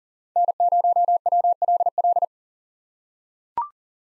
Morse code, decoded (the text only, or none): N0WLL